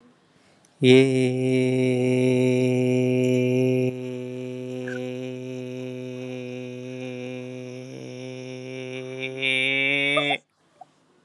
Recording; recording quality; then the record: sustained vowel as in made; excellent, no background noise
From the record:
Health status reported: healthy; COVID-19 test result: not tested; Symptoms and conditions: none ticked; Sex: male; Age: 42 years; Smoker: not ticked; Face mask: not worn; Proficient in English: yes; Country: India